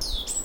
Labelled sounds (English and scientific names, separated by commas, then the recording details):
Stitchbird (Notiomystis cincta) song
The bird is a male
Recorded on Tiritiri Matangi Island, New Zealand, in 2005
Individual 1, of nest box 1